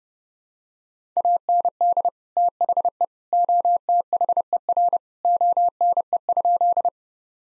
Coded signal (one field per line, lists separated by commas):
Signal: Morse code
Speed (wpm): 32 wpm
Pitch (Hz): 700 Hz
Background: none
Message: AND THE OTHER ONE?